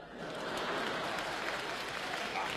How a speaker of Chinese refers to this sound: 哎呀，你听听这掌声啊，这多好，观众喜欢呐！